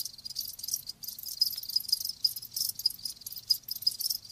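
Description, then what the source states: Crickets producing a thick, continuous high-pitched chirring chorus, with rapid overlapping pulses. Live crickets chirping.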